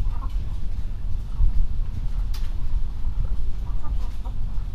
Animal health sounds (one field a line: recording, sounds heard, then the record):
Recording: poultry house recording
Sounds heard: healthy chickens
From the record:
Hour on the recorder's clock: 21